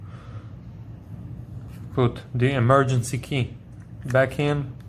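A metal emergency key blade is being put back into the plastic housing of a Cadillac key fob (ATS, XTS, CTS, CT6, SRX, XT5, Escalade) during a 2032 battery replacement. Over a low background hiss, someone talks from about 2.0 s to 4.6 s. The key has not seated or clicked into the fob yet.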